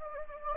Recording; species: mosquito wingbeat signal from an infrared sensor; Anopheles gambiae